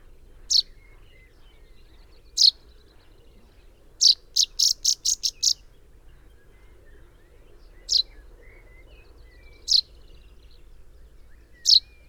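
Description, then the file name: Common chaffinch giving sharp, bright single call notes every couple of seconds, with one quick burst of about seven notes in the middle, against quiet background. "Fringilla coelebs"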